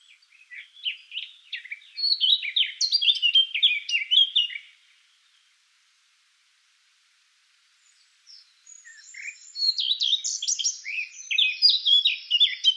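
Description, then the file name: Eurasian blackcap song in two bursts of hurried, varied warbling, separated by a silent pause of a few seconds. "Sylvia atricapilla"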